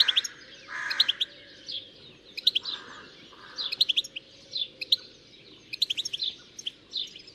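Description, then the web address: Bird calls: quick series of high, sharp chirps repeated in bunches, with softer, lower rasping notes between them. "Deverinetal. Bird Only"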